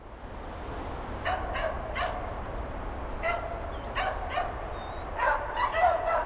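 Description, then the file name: Bloodhound barks, short harsh calls in spaced bursts, sometimes in quick pairs, over a steady background hiss. Dogs barking outdoors. "Digiffects Sound Effects Library - Bloodhound Dogs Barking Outdoors"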